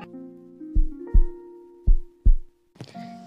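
Two slow lub-dub pairs of deep thumps, roughly 50 to 55 beats a minute in a steady rhythm, play over a soft sustained musical drone. This is an ordinary heartbeat sound with no added noises.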